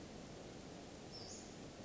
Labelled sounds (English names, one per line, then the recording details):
Western Flycatcher
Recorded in Sonoma County, California